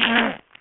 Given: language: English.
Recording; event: throat vibration sensor signal played as sound; throat clearing